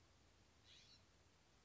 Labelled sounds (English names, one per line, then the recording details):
California Scrub-Jay
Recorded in Sonoma County, California